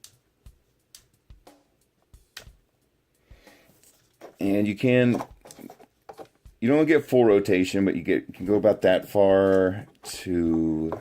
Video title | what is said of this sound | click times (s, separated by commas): Star Wars Assault Walker with Stormtrooper Sergeant | into position and if you listen you can hear them click as I move it and | 0.0 s, 0.9 s, 2.4 s